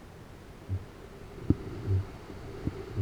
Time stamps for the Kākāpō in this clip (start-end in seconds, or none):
0.57-1.04, 1.69-3.02